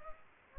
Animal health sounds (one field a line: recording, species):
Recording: mosquito wingbeat signal from an infrared sensor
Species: Culex pipiens